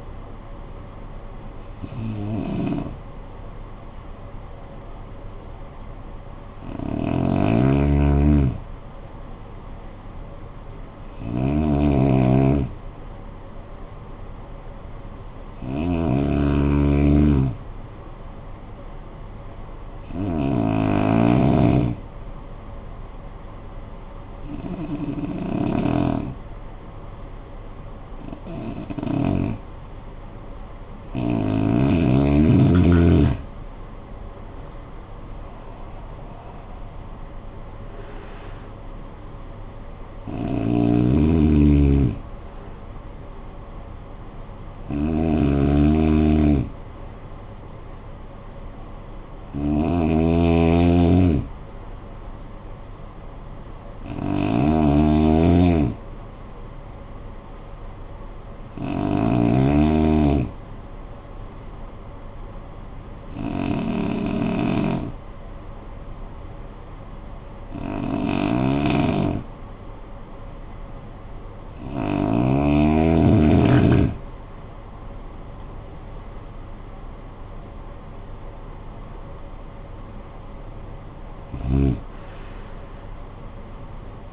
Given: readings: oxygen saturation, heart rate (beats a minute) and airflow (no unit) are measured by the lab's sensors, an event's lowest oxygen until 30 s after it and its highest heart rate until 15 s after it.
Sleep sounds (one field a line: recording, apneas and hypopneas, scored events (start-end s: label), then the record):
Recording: breathing in sleep by a smartphone at the bedside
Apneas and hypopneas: 2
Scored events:
13.00-32.00 s: hypopnea (N1, oxygen 96% highest, then 90% lowest, heart rate 51 at the start, 60 highest)
61.00-80.00 s: hypopnea (N1, oxygen 95% highest, then 89% lowest, heart rate 52 at the start, 70 highest)
From the record:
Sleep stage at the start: N1 (lightest sleep)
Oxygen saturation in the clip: 90 to 96%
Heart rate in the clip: 49 to 70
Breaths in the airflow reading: 19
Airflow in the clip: -18.6 to 13.8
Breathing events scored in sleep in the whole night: 445 in 7.6 hours asleep